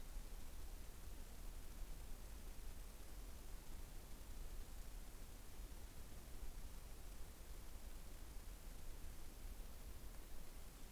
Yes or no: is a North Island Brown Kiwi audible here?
no